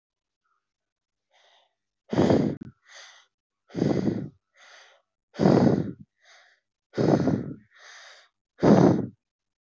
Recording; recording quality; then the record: shallow breathing; excellent, no background noise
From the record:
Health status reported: healthy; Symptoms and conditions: none ticked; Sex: female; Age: 33 years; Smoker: not ticked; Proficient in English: yes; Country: India